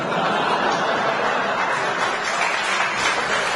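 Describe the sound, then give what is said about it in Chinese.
An audience applauds: dense, steady clapping that fills the whole stretch at an even, fairly loud level, with a faint trace of laughter mixed in and no one speaking. “你看见这鼓掌全知道”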